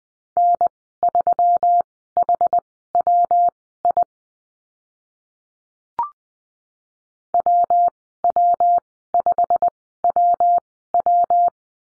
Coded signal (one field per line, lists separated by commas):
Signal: Morse code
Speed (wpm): 20 wpm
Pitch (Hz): 700 Hz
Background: none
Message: N3HWI WW5WW